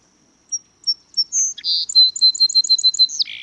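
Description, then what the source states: Song sparrow song: a few thin high introductory whistles, then a fast run of about eight repeated chips, ending in a lower buzzy trill. A humble little bird; widespread backyard bird in North America.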